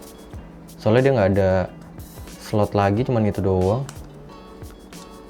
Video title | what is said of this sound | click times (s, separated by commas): harga barunya udah segini? - Unboxing DJI Osmo Pocket 3 BARU cuma 5,2JUTAAAA! | Dia nggak ngunci nih. | none